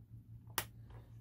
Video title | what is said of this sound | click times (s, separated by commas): Back to the Future Delorean Time Machine - Playmobil | locked into place and this | 0.6 s